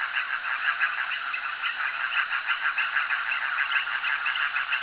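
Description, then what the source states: Frog chorus of many overlapping callers, rapid pulsing notes blending into a continuous mid-pitched wash. Frogs calling at a jetty.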